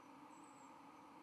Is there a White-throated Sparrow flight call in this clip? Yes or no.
no